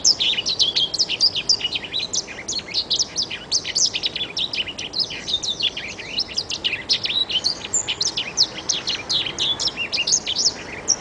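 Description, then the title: Oriental magpie-robin delivering a long, unbroken medley of sharp high chirps, whistles and buzzy trills at a rapid, uneven pace over faint background hiss. "Kicau Kacer"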